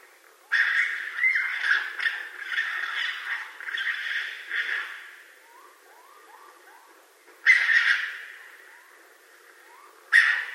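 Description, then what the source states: Raccoon harsh, raspy screeches: a long rough burst with several pulses over four seconds, then two sharp shrieks later, with soft rising chirps repeating between them. Recorded on 20 March 2012.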